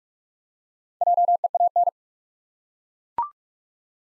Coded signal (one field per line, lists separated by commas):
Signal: Morse code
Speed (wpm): 42 wpm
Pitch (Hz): 700 Hz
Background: none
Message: JEAN